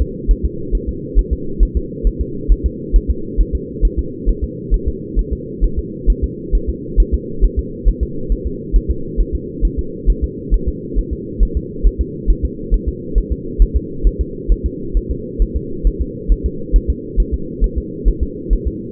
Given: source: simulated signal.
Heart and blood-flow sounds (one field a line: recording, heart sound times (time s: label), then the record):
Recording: fetal heart sounds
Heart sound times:
0.02 s: S2
0.31 s: S1
0.45 s: S2
0.75 s: S1
0.89 s: S2
1.19 s: S1
1.33 s: S2
1.63 s: S1
1.77 s: S2
2.07 s: S1
2.21 s: S2
2.52 s: S1
2.66 s: S2
2.96 s: S1
3.10 s: S2
3.41 s: S1
3.55 s: S2
3.85 s: S1
3.99 s: S2
4.29 s: S1
4.44 s: S2
4.74 s: S1
4.88 s: S2
5.19 s: S1
5.33 s: S2
5.64 s: S1
5.79 s: S2
6.10 s: S1
6.24 s: S2
6.55 s: S1
6.69 s: S2
7.00 s: S1
7.14 s: S2
7.44 s: S1
7.59 s: S2
7.88 s: S1
8.03 s: S2
8.32 s: S1
8.47 s: S2
8.76 s: S1
8.91 s: S2
9.21 s: S1
9.35 s: S2
9.65 s: S1
9.79 s: S2
10.10 s: S1
10.24 s: S2
10.54 s: S1
10.69 s: S2
10.99 s: S1
11.13 s: S2
11.43 s: S1
11.57 s: S2
11.87 s: S1
12.01 s: S2
12.30 s: S1
12.45 s: S2
12.74 s: S1
12.88 s: S2
13.18 s: S1
13.32 s: S2
13.62 s: S1
13.77 s: S2
14.07 s: S1
14.21 s: S2
14.52 s: S1
14.66 s: S2
14.97 s: S1
15.11 s: S2
15.42 s: S1
15.56 s: S2
15.87 s: S1
16.01 s: S2
16.32 s: S1
16.46 s: S2
16.76 s: S1
16.90 s: S2
17.20 s: S1
17.34 s: S2
17.64 s: S1
17.78 s: S2
18.08 s: S1
18.23 s: S2
18.53 s: S1
18.67 s: S2
From the record:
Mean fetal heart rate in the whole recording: 135 bpm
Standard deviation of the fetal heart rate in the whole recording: 3 bpm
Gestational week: 36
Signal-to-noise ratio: -4.3 dB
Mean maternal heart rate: 72 bpm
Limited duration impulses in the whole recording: absent